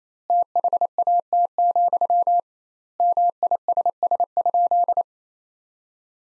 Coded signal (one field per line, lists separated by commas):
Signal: Morse code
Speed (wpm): 28 wpm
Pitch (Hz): 700 Hz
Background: none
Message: THAT, MISS?